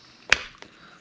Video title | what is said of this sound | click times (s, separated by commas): Creality CR10 V3 How to Hot end upgrade modification Simple is better for sure Amazing results | and it'll pop into place | 0.3 s